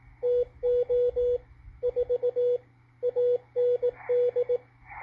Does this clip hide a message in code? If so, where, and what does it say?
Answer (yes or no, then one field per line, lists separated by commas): yes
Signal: Morse code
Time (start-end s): 0.2-4.6 s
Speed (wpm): 19 wpm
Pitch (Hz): 490 Hz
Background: radio noise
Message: TO 4 AND